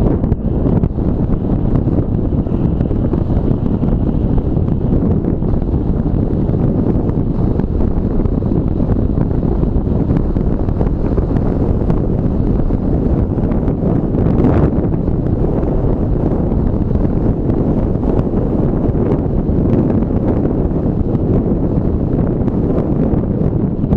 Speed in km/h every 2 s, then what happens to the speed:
20, 21, 23, 24, 25, 26, 25, 25, 25, 23, 23, 22.
0-24 steady at about 23.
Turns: none.